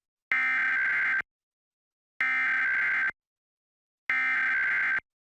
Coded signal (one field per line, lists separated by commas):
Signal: Emergency Alert System (SAME) tones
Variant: header bursts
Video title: National Periodic Test on WNYW-TV [EAS #1,138]